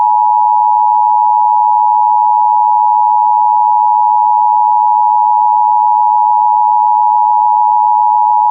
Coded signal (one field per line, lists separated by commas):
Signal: Emergency Alert System (SAME) tones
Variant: 853 and 960 Hz attention tone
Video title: [EAS] Tornado Warning for Western Grand Forks County (6/27/25)